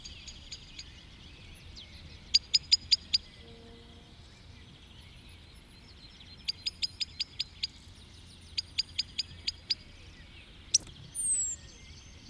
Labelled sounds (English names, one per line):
Common Blackbird call